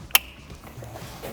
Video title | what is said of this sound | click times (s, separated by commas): CITROËN C4 Picasso / Grand Picasso 2013-2018 Montaje de enganche y kit electrónico [276] | vous déplacerez la barrette de fixation grise jusqu'à ce que vous entendiez un clic. | 0.1 s